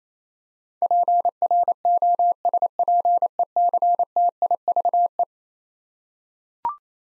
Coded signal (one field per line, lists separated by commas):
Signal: Morse code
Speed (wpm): 27 wpm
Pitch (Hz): 700 Hz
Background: none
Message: PROSPECTIVE